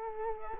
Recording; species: mosquito wingbeat signal from an infrared sensor; Culex quinquefasciatus